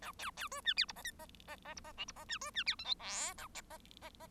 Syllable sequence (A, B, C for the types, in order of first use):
A B B C D E F G H G G G F G I F G D C D E J K L A G G G